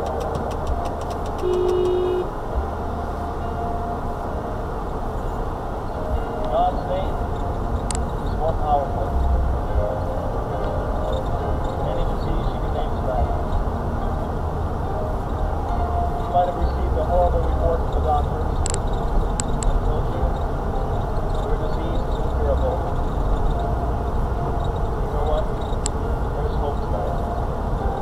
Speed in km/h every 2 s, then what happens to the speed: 5, 5, 10, 15, 15, 16, 16, 15, 16, 18, 16, 19, 18, 19.
2-6 speeds up to 15. 6-28 steady at about 16.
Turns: none.